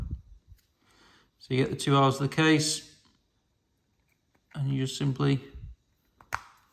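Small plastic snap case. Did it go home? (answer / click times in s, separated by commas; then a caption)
yes / 6.2 s, 6.3 s. Someone talks, then the two plastic halves of a Volvo XC60, XC70, V60, V70, S60 or S80 key fob case, with the coin cell already fitted, are lined up and pressed together. Two sharp clicks are heard at 6.2 s and 6.3 s as the case halves snap shut and seat in place.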